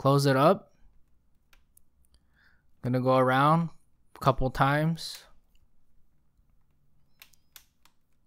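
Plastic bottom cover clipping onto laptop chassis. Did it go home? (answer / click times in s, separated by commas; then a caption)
yes / 7.2 s, 7.6 s, 7.9 s. Someone talks while pressing the plastic bottom cover of an Acer Aspire 5 Slim laptop (A515-43-R19L) closed around its edges after a 32GB DDR4 RAM upgrade, going around a couple of times. The cover's clips snap onto the chassis with small clicks at 7.2, 7.6 and 7.9 seconds. The clips engage and the cover is seated and secure.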